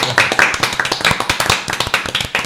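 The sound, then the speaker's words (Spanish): A burst of applause from a small group in thanks to all the contributors, with dense, irregular hand claps overlapping at a steady, fairly loud level throughout and no voices. “Y un sincero aplauso a todos los que habéis contribuido.”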